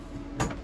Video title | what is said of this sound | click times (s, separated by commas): 2017 RPOD 179 Stock# 12944A | then once we've got it closed good and tight, just press that knob back up, and it kind of clicks into place and locks it full. | 0.4 s